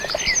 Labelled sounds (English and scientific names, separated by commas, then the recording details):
Yellowhammer (Emberiza citrinella) song
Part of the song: start
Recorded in the Czech Republic on 17 July 2013
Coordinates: 48.657, 14.342
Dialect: BD
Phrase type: A24
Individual 318202